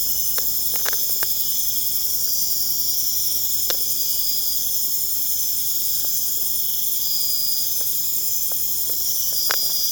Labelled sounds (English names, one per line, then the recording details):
none
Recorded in pastures near Puerto Asís, Putumayo, Colombia, on 23 June 2025 at 23:30
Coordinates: 0.496, -76.326
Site GP01